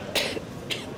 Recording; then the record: coughing mixed with background sound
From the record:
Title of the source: 55 gaggy wet cough